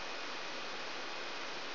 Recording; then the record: brain microelectrode recording played as sound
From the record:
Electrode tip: outside the subthalamic nucleus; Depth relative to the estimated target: -4 mm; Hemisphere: right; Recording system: AlphaMap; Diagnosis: Parkinson's disease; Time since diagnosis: 9 years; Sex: female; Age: 63 years